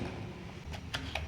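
A slide-on battery pack is being slid into the slot of a cordless reciprocating saw, but it has not locked home yet. Over a low steady background, short faint ticks sound at about 0.9, 1.2 and 1.3 seconds, with the last one the loudest. Nothing has seated or clicked into place yet.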